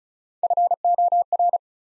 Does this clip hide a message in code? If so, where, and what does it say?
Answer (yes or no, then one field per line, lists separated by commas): yes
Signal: Morse code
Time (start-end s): 0.4-1.6 s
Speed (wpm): 36 wpm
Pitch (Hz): 700 Hz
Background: none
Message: FOR